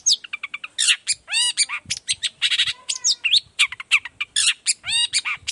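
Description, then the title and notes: Long-tailed shrike song, a varied chatter of harsh squawks, slurred whistles and quick chip runs, with only brief gaps. Active morning singing with varied toet-toet notes, used as a lure recording to prompt other shrikes of any kind to reply quickly. "Cendet Gacor Dor Di Kala Pagi Toet Toet Variasi Suara. Cendet Gacor Efektif Pancingan Buat Cendet Jenis Apapun Agar Cepat Nyaut Buka Paruh. Burung cendet"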